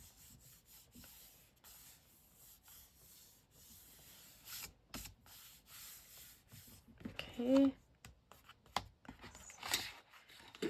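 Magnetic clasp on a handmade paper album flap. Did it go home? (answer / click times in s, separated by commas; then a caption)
yes / 8.8 s. Someone closes the paper flap of a handmade scrapbook album, where a 1 mm magnet glued into the paper forms a magnetic clasp. After soft rubbing and brushing sounds and someone briefly talking, a sharp snap at 8.8 s marks the magnets catching together. The magnetic closure snaps shut and seats.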